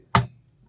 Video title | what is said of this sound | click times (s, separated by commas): How to Assembled CPU - easy method- tamil | அழுத்தும் போது உங்களுக்கு கிளிக்குன்னு ஒரு சவுண்ட் வரும். | 0.2 s